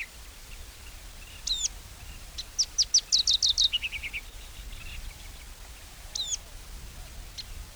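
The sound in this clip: Lark calls: a few thin high chirps, then a quick run of many sharp notes falling in pitch, followed by a few more isolated chirps over a steady background hiss.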